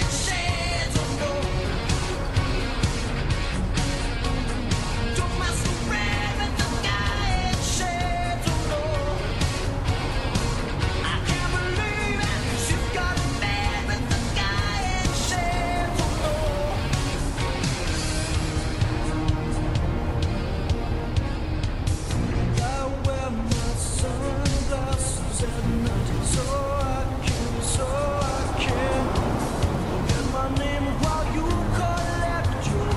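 A vehicle's steady low rumble fills the whole clip, overlaid with constant radio crackle, faint voice-like tones, and a soft wash of waves.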